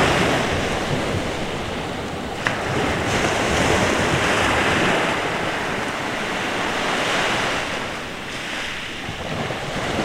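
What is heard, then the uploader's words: Ocean waves wash in a steady, dense roar of surf that fills the whole clip, swelling slightly around the middle and easing near eight seconds. A faint wind rush sits underneath, with a brief sharper splash at about two and a half seconds. Waves and water soundscape.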